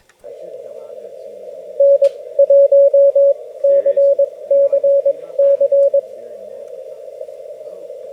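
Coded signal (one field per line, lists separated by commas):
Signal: Morse code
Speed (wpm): 18 wpm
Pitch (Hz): 560 Hz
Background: speech, radio noise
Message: N1CCC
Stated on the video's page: CW contacts at a campout using a Yaesu FT-891 at 25 watts, US Morse straight key, Buddipole BuddiHex antenna.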